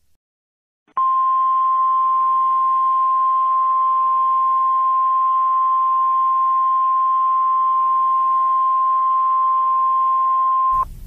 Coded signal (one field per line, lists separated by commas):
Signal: Emergency Alert System (SAME) tones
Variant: 1050 Hz attention tone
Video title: EAS Scenario - Hide